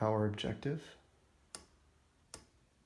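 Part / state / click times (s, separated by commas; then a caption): objective lens on a microscope's revolving nosepiece / seated / 1.6 s, 2.3 s. Someone talks, then the revolving nosepiece of a microscope is turned to swing the next higher-power objective lens into the light path. Sharp clicks at 1.5 s and 2.3 s mark the nosepiece engaging its detent as the objective locks into place. The objective is seated.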